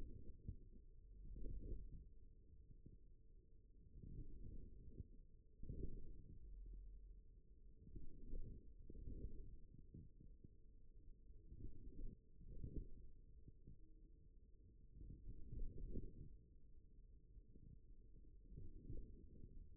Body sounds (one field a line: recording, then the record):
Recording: forearm muscle sounds (acoustic myography)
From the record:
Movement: forearm supination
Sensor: system 1, eight BSWA MPA416 microphones around the upper forearm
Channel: 3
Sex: male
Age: 41 years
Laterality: right